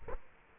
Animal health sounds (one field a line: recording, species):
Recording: mosquito wingbeat signal from an infrared sensor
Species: Culex quinquefasciatus